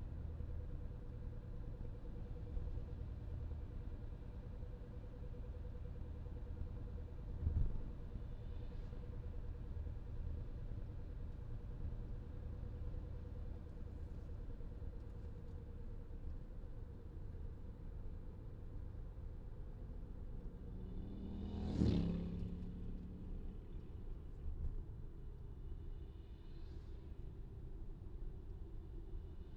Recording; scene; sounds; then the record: everyday scene through a hearing-aid microphone; in a vehicle; engine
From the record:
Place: VW T5 Caravelle, diesel engine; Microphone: in the ear canal, left